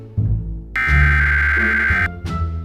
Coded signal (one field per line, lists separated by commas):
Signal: Emergency Alert System (SAME) tones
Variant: header bursts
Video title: How To Create EAS Scenario At Mobile/Phone [UPDATED] 2022